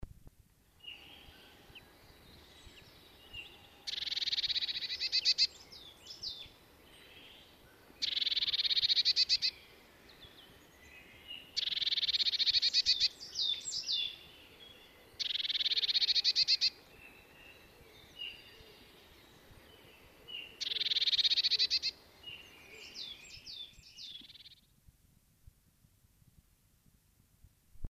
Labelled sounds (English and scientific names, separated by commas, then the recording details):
Eurasian Blue Tit (Cyanistes caeruleus) call, Marsh Tit (Poecile palustris)
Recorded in the wild
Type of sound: call
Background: Poecile palustris
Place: Kaiserslautern, Rheinland-Pfalz, DE
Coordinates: 49.4266, 7.749
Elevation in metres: 295
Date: 1977-03-12
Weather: cloudy, cool
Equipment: Nagra IV, Sennheiser MKH 405, Parabolreflektor
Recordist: Tretzel, Erwin
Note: Wald, Kaiserslautern: Zetern